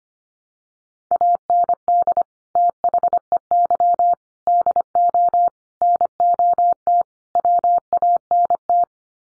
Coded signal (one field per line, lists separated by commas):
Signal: Morse code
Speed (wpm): 25 wpm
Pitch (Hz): 700 Hz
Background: none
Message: AND THEY DO NOT WANT